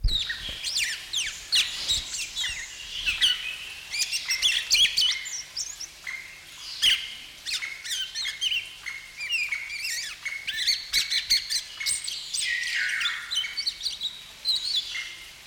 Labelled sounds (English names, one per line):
Black-naped Oriole